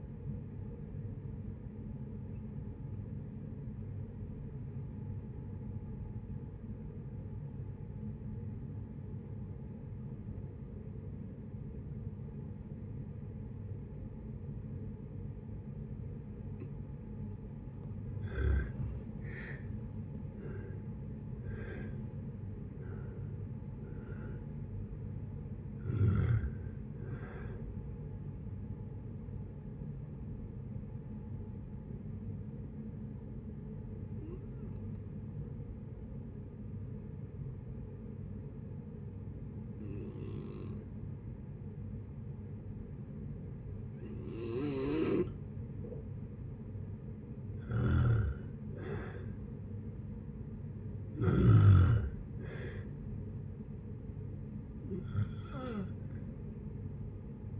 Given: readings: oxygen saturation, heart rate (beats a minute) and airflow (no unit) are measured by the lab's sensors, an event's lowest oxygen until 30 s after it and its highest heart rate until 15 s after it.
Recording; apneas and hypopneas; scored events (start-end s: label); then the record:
breathing in sleep by a smartphone at the bedside; 2
4.00-18.30 s: obstructive apnea (N2, oxygen 95% highest, then 81% lowest, heart rate 62 at the start, 77 highest)
28.00-46.70 s: hypopnea (N2, oxygen 93% highest, then 90% lowest, heart rate 76 at the start, 76 highest)
From the record:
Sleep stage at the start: N2 (light sleep); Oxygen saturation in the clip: 81 to 96%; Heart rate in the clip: 55 to 77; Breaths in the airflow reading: 10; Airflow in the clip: -8.2 to 13.8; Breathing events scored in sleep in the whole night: 496 in 5.4 hours asleep